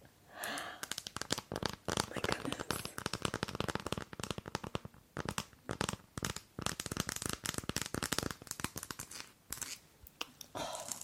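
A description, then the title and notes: Dense tapping and scratching on a textured chocolate surface, with quick crackly strokes that tear and crinkle almost without pause. Brief quiet gaps fall near five, six and a half, and nine and a half seconds. ASMR Textured Chocolate Tapping and Scratching.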